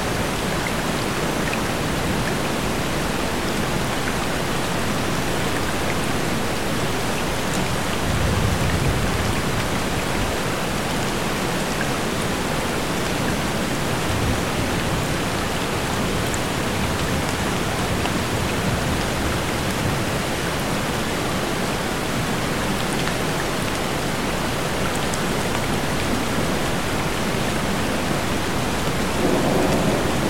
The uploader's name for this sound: Raining Sounds by Tropical Waterfall with Distant Thunder